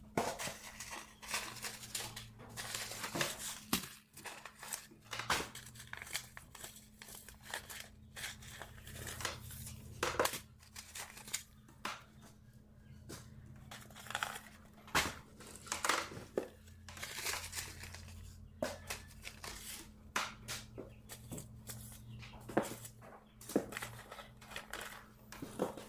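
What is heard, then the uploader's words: Packets of seeds are being sorted, with constant crinkling, rustling and rattling of paper and seeds, broken by sharp clicks and taps every second or so. A steady low hum runs underneath throughout, with a deeper rumble swelling in places. Sorting Seed packets. Sorting packets of seeds.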